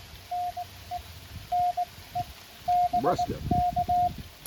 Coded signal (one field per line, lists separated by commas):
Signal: Morse code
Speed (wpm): 19 wpm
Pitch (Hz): 710 Hz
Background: speech, radio noise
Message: NE NE BK